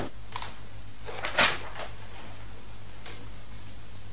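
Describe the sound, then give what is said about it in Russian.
A wooden sideboard drawer slides open and shut, a handful of soft clicks and scrapes with one sharper knock in the middle, all quiet against a low steady hum. “Пожалуй, этот ящик в буфете подойдет.”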